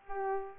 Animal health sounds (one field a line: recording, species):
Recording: mosquito wingbeat signal from an infrared sensor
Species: Culex pipiens